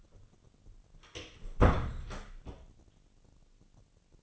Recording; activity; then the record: daily activity, microphone in the room; close door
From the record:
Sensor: 4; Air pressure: 1010.0 hPa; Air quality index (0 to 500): 197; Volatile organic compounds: 3 ppm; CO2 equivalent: 1414 ppm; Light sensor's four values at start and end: 37/90/37/40 and 38/93/38/41